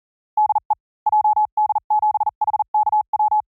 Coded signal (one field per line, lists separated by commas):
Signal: Morse code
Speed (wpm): 40 wpm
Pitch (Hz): 850 Hz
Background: none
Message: DE JD7HKW